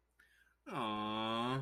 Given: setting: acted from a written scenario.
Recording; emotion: vocal sound without words; adoration